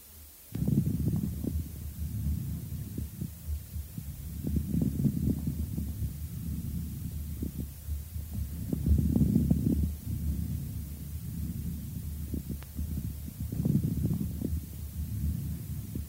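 About four breaths in 16 seconds, roughly 15 a minute, heard by stethoscope over the right lung of an adult. Each breath is harsh and rumbling, with scattered moist, non-resonant popping crackles of mixed size, consistent with diffuse bronchiectasis due to chronic bronchitis.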